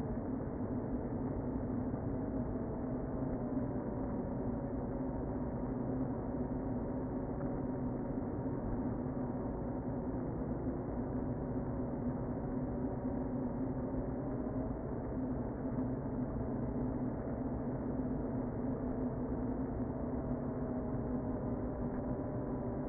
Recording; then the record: honeybee colony, microphone inside the hive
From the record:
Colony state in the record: queen present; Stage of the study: before two queens were removed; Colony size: about 60,000 bees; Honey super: yes